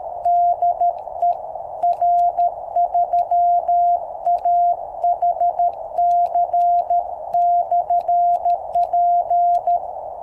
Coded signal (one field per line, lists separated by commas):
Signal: Morse code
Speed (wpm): 13 wpm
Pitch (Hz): 700 Hz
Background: none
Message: DE R3AHC/P